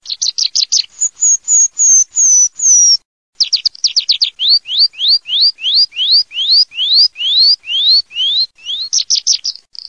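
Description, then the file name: Tree pipit singing loud, high notes: quick trilled phrases, a brief pause, then a long series of rising slurred whistles repeated about twice a second, ending in rapid trills. "PRISPOLONES"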